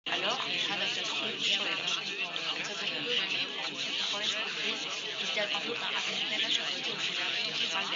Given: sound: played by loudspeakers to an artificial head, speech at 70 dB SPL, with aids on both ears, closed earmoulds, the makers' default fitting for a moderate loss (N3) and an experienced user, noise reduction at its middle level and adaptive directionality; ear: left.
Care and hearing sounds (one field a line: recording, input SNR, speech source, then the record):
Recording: speech test signal (ISTS) in cocktail-party noise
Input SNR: -3 dB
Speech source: in front (0 degrees)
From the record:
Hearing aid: class 1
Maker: G